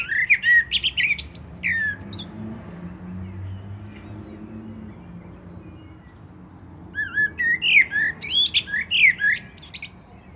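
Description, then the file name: Common blackbird song in two bursts of fluty whistles and high chattering, separated by a quiet gap with a low background hum. "Turdus merula"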